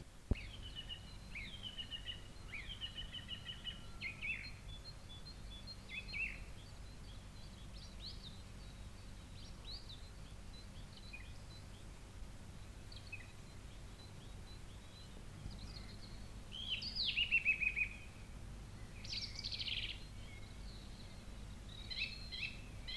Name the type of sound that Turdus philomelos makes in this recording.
song